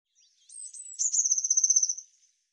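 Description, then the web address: Eurasian blue tit giving thin, very high notes that run into a fast, even trill of about a second, with no other sounds. "cianscape birddata Deverinetal 2025 File cleaned normalized Bird Cy Ca"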